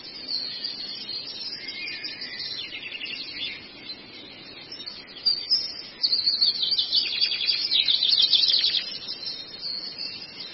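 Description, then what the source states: Long-tailed shrike song, softer scratchy twittering that builds into a loud run of rapid chattering trills in the second half. Masteran recording of song used to train cage birds.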